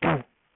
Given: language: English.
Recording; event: throat vibration sensor signal played as sound; throat clearing